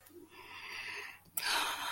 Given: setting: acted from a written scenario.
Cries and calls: vocal sound without words; serenity

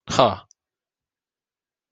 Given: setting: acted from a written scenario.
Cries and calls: vocal sound without words; triumph

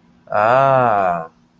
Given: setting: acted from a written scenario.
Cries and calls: vocal sound without words; realization

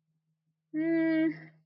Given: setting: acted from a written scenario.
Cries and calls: vocal sound without words; confusion

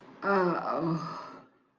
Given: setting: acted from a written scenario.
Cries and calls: vocal sound without words; contempt

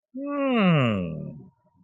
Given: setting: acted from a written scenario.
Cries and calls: vocal sound without words; amusement

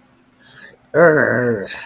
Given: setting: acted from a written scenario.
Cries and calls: vocal sound without words; anger

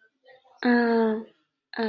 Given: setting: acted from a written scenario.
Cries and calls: vocal sound without words; embarrassment

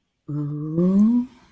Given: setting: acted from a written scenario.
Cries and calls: vocal sound without words; romantic love

